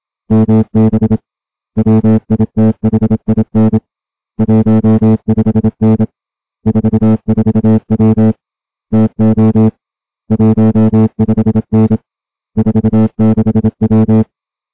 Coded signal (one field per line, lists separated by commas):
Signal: Morse code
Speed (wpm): 27 wpm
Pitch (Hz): 220 Hz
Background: music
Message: MB WITHIN 15N 44W TO 15N 46W